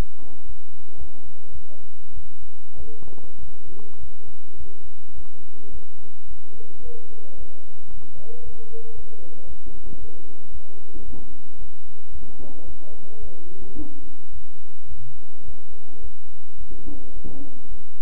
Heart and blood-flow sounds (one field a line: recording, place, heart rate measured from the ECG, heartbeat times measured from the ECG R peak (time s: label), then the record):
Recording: heart sounds by stethoscope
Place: between the tricuspid and mitral areas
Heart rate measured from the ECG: 108 bpm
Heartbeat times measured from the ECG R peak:
0.46 s: heartbeat
0.98 s: heartbeat
1.52 s: heartbeat
2.14 s: heartbeat
2.77 s: heartbeat
3.40 s: heartbeat
4.00 s: heartbeat
4.57 s: heartbeat
5.14 s: heartbeat
5.71 s: heartbeat
6.27 s: heartbeat
6.83 s: heartbeat
7.37 s: heartbeat
7.91 s: heartbeat
8.43 s: heartbeat
8.95 s: heartbeat
9.47 s: heartbeat
9.99 s: heartbeat
10.51 s: heartbeat
11.05 s: heartbeat
11.58 s: heartbeat
12.12 s: heartbeat
12.65 s: heartbeat
13.20 s: heartbeat
13.76 s: heartbeat
14.32 s: heartbeat
14.88 s: heartbeat
15.45 s: heartbeat
16.01 s: heartbeat
16.57 s: heartbeat
17.13 s: heartbeat
17.68 s: heartbeat
From the record:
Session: bicycle stress test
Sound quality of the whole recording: good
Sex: male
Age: 23 years